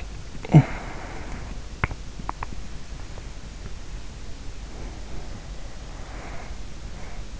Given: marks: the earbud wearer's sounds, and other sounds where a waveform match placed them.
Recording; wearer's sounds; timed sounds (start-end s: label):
sounds in sleep by an in-ear microphone; talking in sleep, swallowing, breath
0.33-1.20 s: talking in sleep
1.98-2.62 s: swallowing
4.78-7.11 s: breath